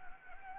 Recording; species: mosquito wingbeat signal from an infrared sensor; Anopheles gambiae